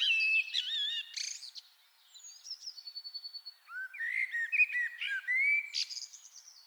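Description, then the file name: Common blackbird song, with rich fluty whistles sliding up and down and bursts of high twittering. "Turdus merula"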